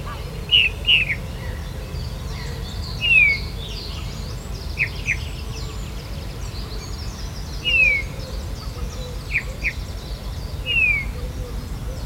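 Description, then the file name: Eurasian bullfinch calling with mellow, downward-slurred piping whistles, singly and in pairs at intervals. "Pyrrhula pyrrhula"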